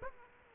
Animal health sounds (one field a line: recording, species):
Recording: mosquito wingbeat signal from an infrared sensor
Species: Aedes aegypti